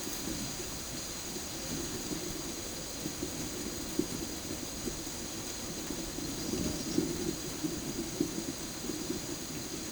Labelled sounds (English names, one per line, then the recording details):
none
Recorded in secondary vegetation near Puerto Asís, Putumayo, Colombia, on 21 March 2025 at 12:30
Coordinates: 0.489, -76.322
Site G042